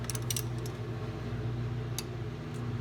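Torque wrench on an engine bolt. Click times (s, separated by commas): 0.3 s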